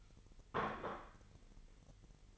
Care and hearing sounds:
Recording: daily activity, microphone in the room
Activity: place plate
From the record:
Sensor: 4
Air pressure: 989.4 hPa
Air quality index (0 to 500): 212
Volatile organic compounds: 61 ppm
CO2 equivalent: 3425 ppm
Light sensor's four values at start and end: 26/91/33/35 and 26/91/33/35

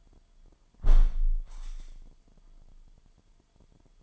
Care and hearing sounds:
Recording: daily activity, microphone in the room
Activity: close window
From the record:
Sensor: 5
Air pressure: 998.0 hPa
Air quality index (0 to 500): 97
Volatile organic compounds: 2 ppm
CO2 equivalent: 1109 ppm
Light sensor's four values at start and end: 26/63/26/29 and 26/63/26/29

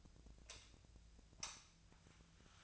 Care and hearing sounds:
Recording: daily activity, microphone in the room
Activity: light off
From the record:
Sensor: 2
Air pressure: 1009.7 hPa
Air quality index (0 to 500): 182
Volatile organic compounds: 11 ppm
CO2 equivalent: 2268 ppm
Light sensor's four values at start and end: 33/85/36/38 and 27/67/29/32

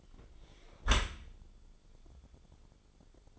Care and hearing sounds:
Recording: daily activity, microphone in the room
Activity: close dishwasher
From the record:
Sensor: 5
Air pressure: 1015.1 hPa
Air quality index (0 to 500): 142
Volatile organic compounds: 3 ppm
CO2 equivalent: 1529 ppm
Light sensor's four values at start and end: 37/87/36/38 and 37/88/36/39

